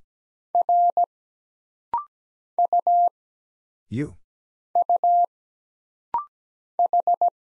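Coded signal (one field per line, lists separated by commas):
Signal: Morse code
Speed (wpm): 17 wpm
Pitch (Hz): 700 Hz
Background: none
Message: R U U H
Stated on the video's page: Rapid-fire single-character Morse practice at 17 wpm: letters, numbers, punctuation and prosigns for instant character recognition.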